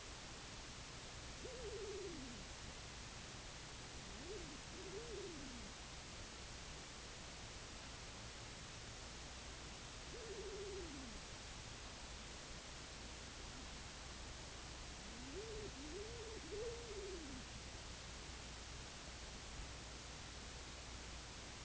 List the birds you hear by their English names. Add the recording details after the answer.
King Eider. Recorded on Arctic tundra, site IGLO-A, on 24 June 2018. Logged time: 23:59